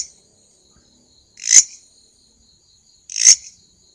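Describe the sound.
Grasshopper stridulation: two short, harsh, rasping bursts about two seconds apart, over a faint steady high-pitched whine.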